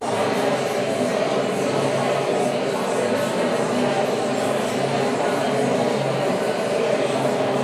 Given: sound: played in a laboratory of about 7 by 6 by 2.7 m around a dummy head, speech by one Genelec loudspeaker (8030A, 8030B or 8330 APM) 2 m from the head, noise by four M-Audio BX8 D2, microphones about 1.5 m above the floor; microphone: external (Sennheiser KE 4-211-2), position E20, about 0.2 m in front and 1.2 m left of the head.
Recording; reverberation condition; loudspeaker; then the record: babble noise; high; four, about 170 cm from the corners of the room and facing them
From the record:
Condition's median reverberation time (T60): about 1300 ms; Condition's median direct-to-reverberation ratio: about -4.0 dB